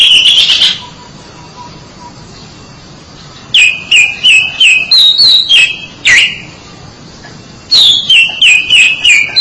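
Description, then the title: Oriental magpie-robin singing bursts of rapid whistled notes stepping between two pitches, with a sharp downslurred note in the middle and pauses between phrases. "Suara Kicauan Burung Kacer Durasi Panjang"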